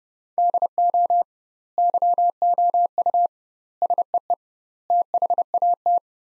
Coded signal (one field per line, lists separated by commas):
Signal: Morse code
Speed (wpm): 32 wpm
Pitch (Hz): 700 Hz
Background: none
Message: DO YOU SEE THAT